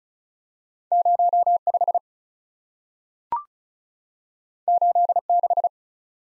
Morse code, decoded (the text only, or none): 0 5 8 6